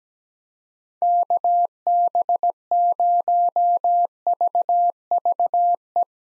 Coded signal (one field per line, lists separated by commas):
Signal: Morse code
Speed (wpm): 17 wpm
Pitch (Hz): 700 Hz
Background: none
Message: KB0VVE